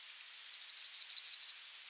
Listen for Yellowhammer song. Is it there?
yes